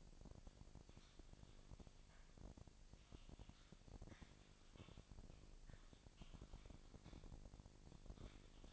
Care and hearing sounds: daily activity, microphone in the room; typing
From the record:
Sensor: 5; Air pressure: 999.3 hPa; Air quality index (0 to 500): 229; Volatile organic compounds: 24 ppm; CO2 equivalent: 2798 ppm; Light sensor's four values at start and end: 33/78/31/30 and 33/78/31/30

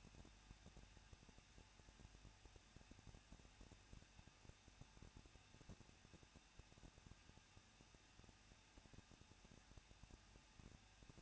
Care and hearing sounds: daily activity, microphone in the room; no activity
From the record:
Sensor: 2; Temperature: 21.0 degrees Celsius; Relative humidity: 37.4%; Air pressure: 1006.2 hPa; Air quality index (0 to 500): 221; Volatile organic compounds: 24 ppm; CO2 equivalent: 2802 ppm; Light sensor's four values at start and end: 2/3/2/2 and 2/3/2/2

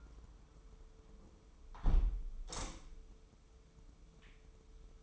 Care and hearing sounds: daily activity, microphone in the room; close window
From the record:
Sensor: 1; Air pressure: 995.8 hPa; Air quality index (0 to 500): 52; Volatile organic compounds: 2 ppm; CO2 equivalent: 986 ppm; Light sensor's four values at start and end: 31/105/40/42 and 30/104/40/42

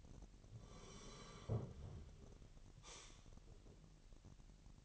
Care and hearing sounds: daily activity, microphone in the room; sit down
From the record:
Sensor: 4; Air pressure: 1002.8 hPa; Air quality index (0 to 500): 250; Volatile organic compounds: 30 ppm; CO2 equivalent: 2959 ppm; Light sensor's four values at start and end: 9/21/9/9 and 9/21/9/9

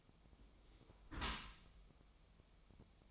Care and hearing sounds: daily activity, microphone in the room; close dishwasher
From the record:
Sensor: 1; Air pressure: 1004.7 hPa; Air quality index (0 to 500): 120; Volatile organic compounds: 4 ppm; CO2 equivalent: 1668 ppm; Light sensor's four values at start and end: 9/21/8/9 and 9/21/8/9

